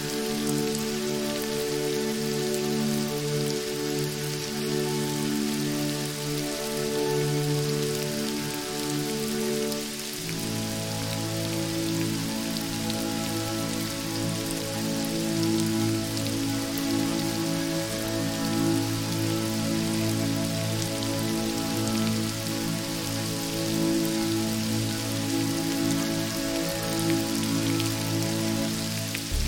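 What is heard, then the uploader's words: Steady, dense rain patters throughout beneath sustained, slowly shifting low tones of calm music that change chord around ten seconds. Soothing Meditation Music and Soothing Rain Sounds.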